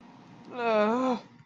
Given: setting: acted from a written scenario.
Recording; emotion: vocal sound without words; shame